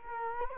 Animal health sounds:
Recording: mosquito wingbeat signal from an infrared sensor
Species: Culex quinquefasciatus

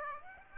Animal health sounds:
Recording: mosquito wingbeat signal from an infrared sensor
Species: Aedes aegypti

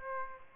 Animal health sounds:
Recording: mosquito wingbeat signal from an infrared sensor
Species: Aedes aegypti

